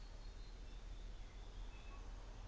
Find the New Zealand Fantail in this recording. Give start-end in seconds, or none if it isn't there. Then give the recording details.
none. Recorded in New Zealand on 24 December 2018. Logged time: 14:50